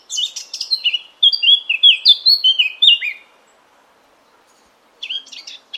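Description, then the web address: Eurasian blackcap song: a brief scratchy chatter leading into a run of clear, fluty whistled notes that fall and rise, then a short pause and another quick phrase starting. "cianscape birddata Deverinetal 2025"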